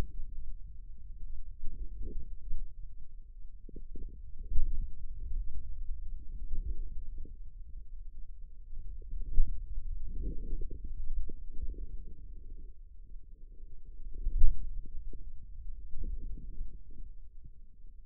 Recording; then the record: forearm muscle sounds (acoustic myography)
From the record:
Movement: hand closing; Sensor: system 2, bracelet of six BSWA MPA416 microphones around the upper forearm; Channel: 2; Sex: male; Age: 22 years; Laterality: right